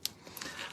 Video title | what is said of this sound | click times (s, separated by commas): A Bow Tutorial - Fall Bow 2023 with Wreath Decor by Dawn | once you get that and you don't hear it clicking anymore | 0.0 s, 0.4 s